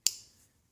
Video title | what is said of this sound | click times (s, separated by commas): Unboxing, Install, and review on USP trunk pop kit for MK7 Golf | snaps into place so | 0.1 s